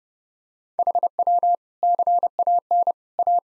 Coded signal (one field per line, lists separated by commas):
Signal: Morse code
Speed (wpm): 30 wpm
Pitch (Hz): 700 Hz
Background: none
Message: HW CAN A